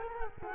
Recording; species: mosquito wingbeat signal from an infrared sensor; Culex quinquefasciatus